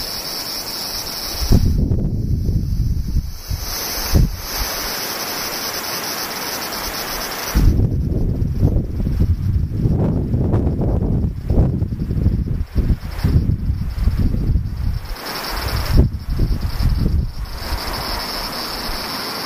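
Cicadas drone steadily in high, thin bands throughout while wind rushes over the microphone. The wind arrives as low, rumbling gusts, a short burst early on, then a long stretch of uneven buffeting from about eight to eighteen seconds before easing off.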